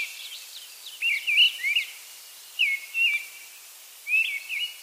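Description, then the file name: Mistle thrush singing three brief, clear whistled phrases of slurred, rising and falling notes, separated by gaps of about a second, over a faint background hiss. "Mistle Thrush Turdus viscivorus"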